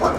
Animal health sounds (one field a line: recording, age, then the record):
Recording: pig call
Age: growing-finishing pig (85 days or more)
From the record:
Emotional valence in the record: positive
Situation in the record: run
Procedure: transit